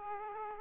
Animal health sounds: mosquito wingbeat signal from an infrared sensor; Aedes aegypti

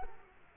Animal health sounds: mosquito wingbeat signal from an infrared sensor; Culex quinquefasciatus

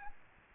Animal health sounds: mosquito wingbeat signal from an infrared sensor; Aedes albopictus

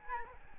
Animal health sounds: mosquito wingbeat signal from an infrared sensor; Aedes albopictus

